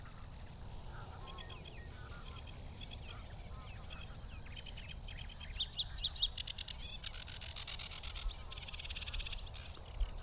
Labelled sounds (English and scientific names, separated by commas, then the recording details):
Sedge Warbler (Acrocephalus schoenobaenus) song
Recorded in the wild
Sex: male
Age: adult
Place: Teerofenbrücke, Nationalpark Unteres Odertal, Brandenburg, DE
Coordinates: 53.1322, 14.3536
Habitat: wetland
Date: 2013-05-04
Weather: sunny, windless, 5°C
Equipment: Sound Devices 702, Sennheiser MKH 70, Rycote Windschutz
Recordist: Frommolt, Karl-Heinz
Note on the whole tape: Gesang eines Schilfrohrsängers. Entfernung 15 m. Tier deutlich gesehen